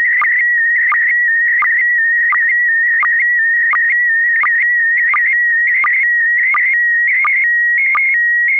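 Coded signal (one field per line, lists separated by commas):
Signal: SSTV (slow-scan television)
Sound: warbling whistle near 2 kHz with regular short low blips, steady rhythm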